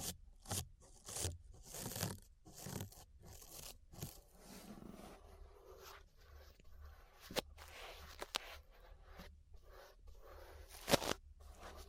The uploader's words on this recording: ASMR Relaxing 3Dio Ear Brushing (No Talking).